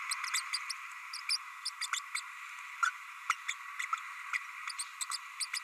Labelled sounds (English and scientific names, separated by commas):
Green-rumped Parrotlet (Forpus passerinus) babbling